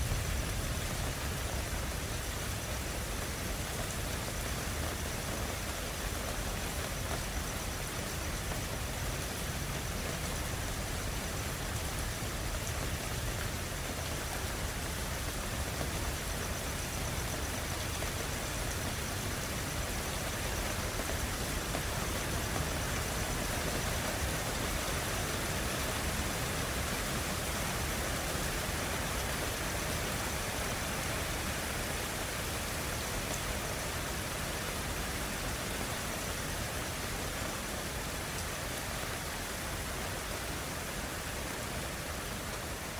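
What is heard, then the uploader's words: A storm over Brisbane, heard as a steady, dense hiss of rain that fills the whole range from low rumble to bright top. The wash stays even and unbroken for the full length, with a constant low roar beneath and no distinct thunder claps standing out. Queensland Storm. The sounds of a storm rolling in over Brisbane.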